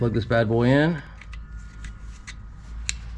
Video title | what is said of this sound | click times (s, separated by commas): 2013 Toyota Sienna Rear Wheel Hub #automobile #diy #toyotasienna | Hear it click. | 2.9 s